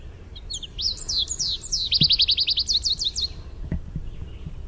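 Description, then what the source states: American goldfinch contact song: a lively run of high, swooping whistles and rapid bright notes lasting about three seconds, with a few soft knocks afterward. Contact song with "sweeet" notes.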